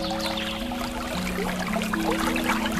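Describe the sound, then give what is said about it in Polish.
The Bystrzyca river in Lublin, Poland, flows in a steady, continuous rush with a faint trickling texture, while low droning tones hum underneath the whole time. No one speaks. “Bardzo ważna jest ta rzeka i jest to miejsce troszeczkę na uboczu, poza centrum, a jednak bardzo blisko centrum.”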